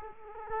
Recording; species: mosquito wingbeat signal from an infrared sensor; Culex quinquefasciatus